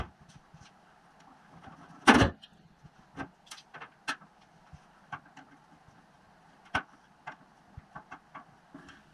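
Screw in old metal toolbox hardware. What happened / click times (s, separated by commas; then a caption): Possible driver slipping on a screw, not clearly heard / none. A screw in the hardware of an old metal toolbox is worked on during disassembly, with scattered light ticks and scrapes, a loud sharp clatter at about 2.1 seconds and another at about 6.8 seconds. Nothing seats or clicks; the screw is stripped out, so its head will have to be cut off.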